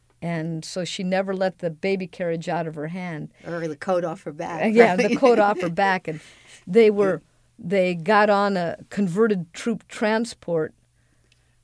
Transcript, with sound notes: And so she never left the baby carriage out of her hand.
Or the coat off her back? [Both laugh]
Yeah, or the coat off her back. And they were, they got on a converted troop transport,